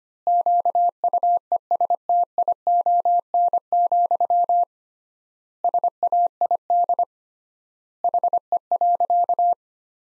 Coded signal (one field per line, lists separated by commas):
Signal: Morse code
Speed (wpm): 25 wpm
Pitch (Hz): 700 Hz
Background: none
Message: QUESTION, SAID HE.